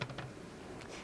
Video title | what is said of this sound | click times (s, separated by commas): CuisinArt: How to Use Your Food Processor (For Use with DLC-7 and DLC-8 Series Models) | then turn the cover counterclockwise until you hear it click | 0.0 s